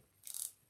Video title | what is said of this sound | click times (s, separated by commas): DIY Easy Deco Mesh Sunflower Flower Wreath on UITC Large Board | you hear that clicking sound and it's locked | 0.3 s, 0.4 s